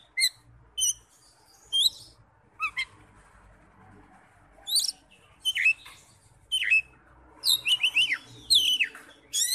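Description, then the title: Oriental magpie-robin song of sparse sharp notes building to a cluster of rapid downslurred whistles, over a low background hum. "Kacer"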